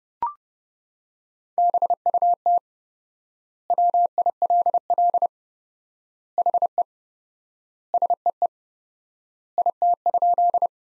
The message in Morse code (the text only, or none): BUT WILL HE SEE IT?